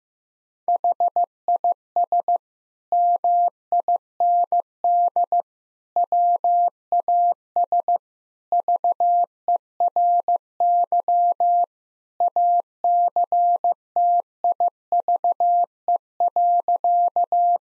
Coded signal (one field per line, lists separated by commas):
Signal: Morse code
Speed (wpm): 15 wpm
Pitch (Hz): 700 Hz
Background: none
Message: HIS MIND WAS VERY ACTIVE.